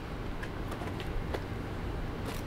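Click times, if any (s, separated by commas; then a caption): none. An e-bike battery pack for a Lectric XP electric bike is picked up and lined up to slide into the frame mount. Only a steady low background noise with a few faint handling rustles and ticks is heard. Nothing has seated or clicked yet.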